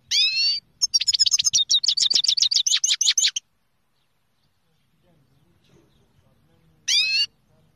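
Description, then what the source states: Finch song: a short high burst, then a quick run of repeated bright chirping notes for about three seconds, a pause, and another brief high phrase. Song described as original Kermani style.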